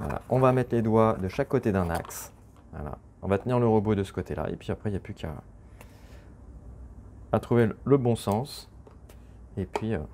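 A wheel is being fitted onto a robot's axle, with fingers placed on each side of the axle and the robot held while the wheel is turned to find the right orientation before it is pushed home. Someone talks throughout, with a few faint handling sounds in the pauses. Nothing has seated or clicked yet.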